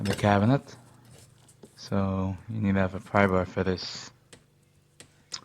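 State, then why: Not seated. A click-lock vinyl floor tile is being handled next to its neighbouring tile and needs a pry bar to force it into the locking edge, because a cabinet blocks lifting it. Someone talks, followed by short sharp taps and knocks near the end. Nothing has seated or clicked yet.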